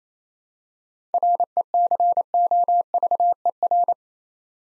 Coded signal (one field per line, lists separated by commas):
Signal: Morse code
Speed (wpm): 29 wpm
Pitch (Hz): 700 Hz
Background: none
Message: RECOVER